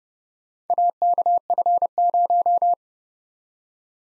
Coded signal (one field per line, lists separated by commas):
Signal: Morse code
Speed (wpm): 29 wpm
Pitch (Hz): 700 Hz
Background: none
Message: AKF0